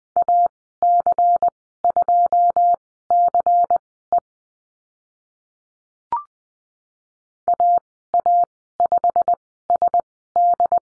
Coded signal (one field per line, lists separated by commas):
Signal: Morse code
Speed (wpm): 20 wpm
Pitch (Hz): 700 Hz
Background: none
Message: AC2CE AA5SD